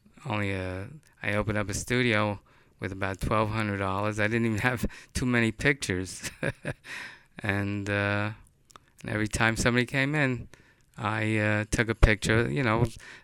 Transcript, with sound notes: only a, I opened up a studio with about twelve hundred dollars. I didn't even have too many pictures. ( he laughs ) And every time somebody came in I took a picture, you know.